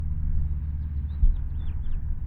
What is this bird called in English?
House Finch